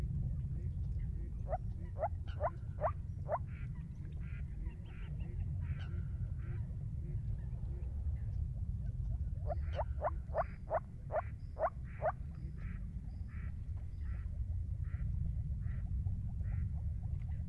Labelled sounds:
Moor Frog (Rana arvalis) call
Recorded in the wild
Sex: male
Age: adult
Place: Kützerhof, Kummerower See, Mecklenburg-Vorpommern, DE
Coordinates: 53.8497, 12.8825
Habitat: wetland
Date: 2010-04-13 21:35
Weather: klare Nacht, 8°C, windstill, Wassertemperatur 9,8°C
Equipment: Sound Devices 702, zwei Sennheiser MKH 40, Rycote Windschutz
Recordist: Frommolt, Karl-Heinz

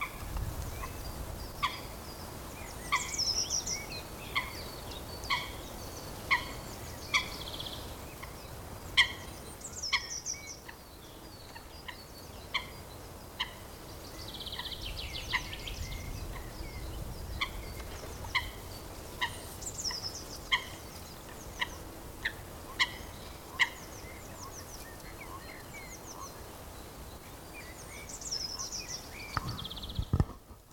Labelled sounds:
Eurasian Coot (Fulica atra) call, Common Chiffchaff (Phylloscopus collybita)
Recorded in the wild
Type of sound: call
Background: Phylloscopus collybita
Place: Mühlenbeck, am Tegeler Fließ, Brandenburg, DE
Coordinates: 52.6, 13.282
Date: 1992-04-11 11:45
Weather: heiter, 14°C, Wind
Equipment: Nagra SN, Mikrofon AKG CK 8, Kopie Tesla B 116
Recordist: Tembrock, Günter
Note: Teiche und Fließtal bei Mühlenbeck; 2 Tiere im Kontakt, Rufe

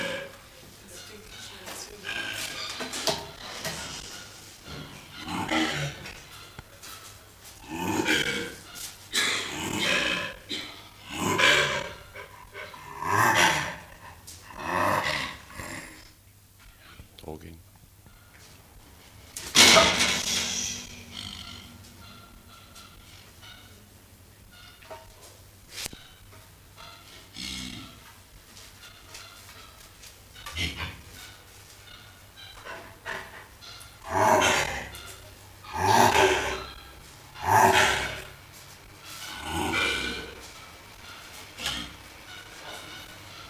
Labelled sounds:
Mandrill (Mandrillus sphinx) call
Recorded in captivity
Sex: male
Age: adult
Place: Zoo Rostock, Mecklenburg-Vorpommern, DE
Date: 1984-02-03 13:00
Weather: bedeckt, z. T. Regen, 3-5°C
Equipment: Nagra SN, Kopie Uher 4000 Report Monitor
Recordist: Tembrock, Günter

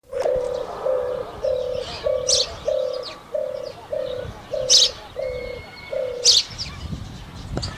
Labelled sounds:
European Turtle Dove (Streptopelia turtur) song
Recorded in captivity
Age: adult
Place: Zoo Berlin, Berlin, DE
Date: 1986-04-16 12:17
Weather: sunny, 12°C
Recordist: Tembrock, Günter
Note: Laute

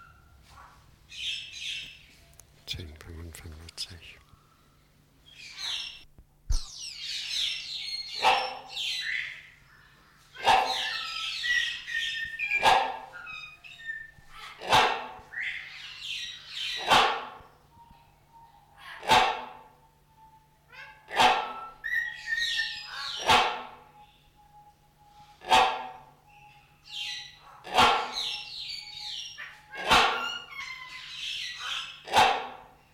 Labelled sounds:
Common Hill Myna (Gracula religiosa)
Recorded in captivity
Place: Zoo Berlin, Berlin, DE
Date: 1994-02-12 10:55
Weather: bedeckt, leichter Schneefall, um 0°C
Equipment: Marantz CP 430, Sennheiser MKH 416 T, Kopie Uher Variocord 263
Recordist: Tembrock, Günter

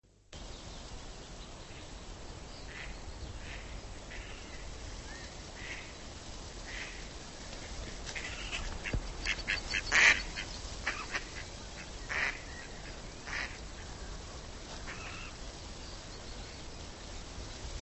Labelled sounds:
Mallard (Anas platyrhynchos) call
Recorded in the wild
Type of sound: call
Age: adult
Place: Lübars (Fließtal), Berlin, DE
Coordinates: 52.6167, 13.35
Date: 1999-05-01 10:54
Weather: fair, 15°C
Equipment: Nagra SN, Kopie Uher 4000 Report Monitor
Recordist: Tembrock, Günter
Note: Laute bei Überflug

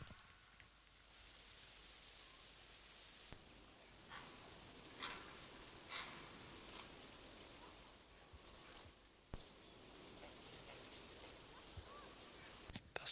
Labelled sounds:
Grey Heron (Ardea cinerea)
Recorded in the wild
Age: adult
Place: Mühlenbecker Wald, Brandenburg, DE
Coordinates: 52.695, 13.3897
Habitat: pond
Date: 1983-08-20 18:52
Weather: ca. 27°C
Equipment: Nagra SN, Sennheiser MKH 416T (Automatik), Kopie Uher 4000 Report Monitor
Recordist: Tembrock, Günter

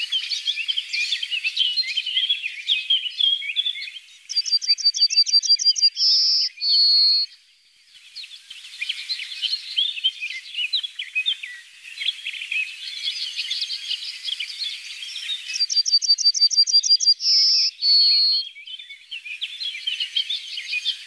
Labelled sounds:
Yellowhammer (Emberiza citrinella) song
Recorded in the wild
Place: Oberrotweil am Kaiserstuhl, Baden-Württemberg, DE
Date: 1988-06-18
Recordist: Schwarz, Dieter
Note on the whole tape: Song

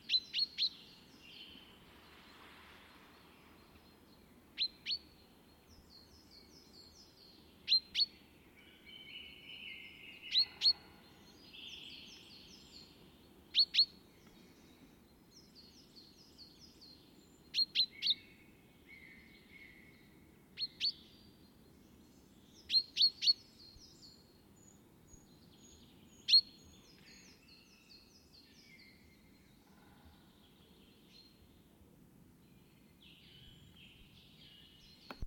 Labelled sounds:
Common Chaffinch (Fringilla coelebs) call
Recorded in the wild
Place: Kaiserslautern, Rheinland-Pfalz, DE
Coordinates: 49.26, 7.45
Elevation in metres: 206
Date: 1977-03-08
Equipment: Nagra IV, Sennheiser MKH 405, Parabolreflektor
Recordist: Tretzel, Erwin

